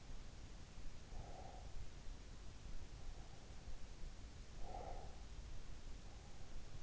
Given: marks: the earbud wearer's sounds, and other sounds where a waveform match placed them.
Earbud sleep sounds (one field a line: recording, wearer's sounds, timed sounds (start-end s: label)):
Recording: sounds in sleep by an in-ear microphone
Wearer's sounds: breath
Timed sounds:
1.03-1.87 s: breath
4.04-5.43 s: breath